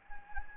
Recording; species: mosquito wingbeat signal from an infrared sensor; Anopheles gambiae